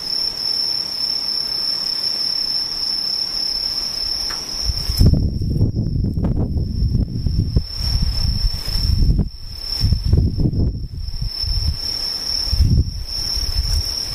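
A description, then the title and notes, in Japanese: A quiet scene with insects: a thin, steady high chirring tone holds through the whole clip. From about five seconds, irregular low rumbling swells come and go beneath it, easing briefly near nine and eleven seconds before another surge around thirteen. ほぼ無音 後半ムシ。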